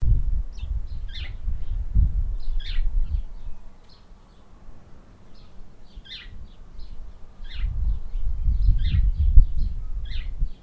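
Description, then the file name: House Sparrow chirps: short, harsh notes given in loose, irregular clusters above a loud low rumble. "Passer domesticus"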